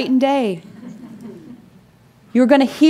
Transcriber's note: laughter